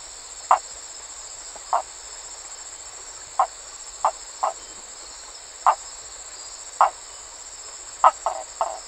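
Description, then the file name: Map tree frog calling: brief knocking notes at irregular intervals, some doubled, against a constant high-pitched insect drone. "Hyla geographica"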